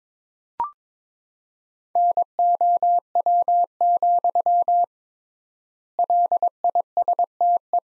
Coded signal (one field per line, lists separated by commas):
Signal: Morse code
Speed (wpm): 22 wpm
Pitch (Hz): 700 Hz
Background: none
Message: NOW, LISTE